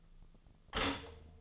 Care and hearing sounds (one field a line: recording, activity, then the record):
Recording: daily activity, microphone in the room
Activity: stop toaster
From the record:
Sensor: 4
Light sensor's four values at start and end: 23/68/27/27 and 23/68/27/27